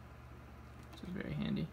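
A keyed plastic wire-harness connector clip is handled near its header on the internal circuit board of a Fluance turntable; the clip has an indent so it fits only one way. Someone talks over a low steady hum from about 1.0 to 1.7 seconds. Nothing has seated or clicked yet.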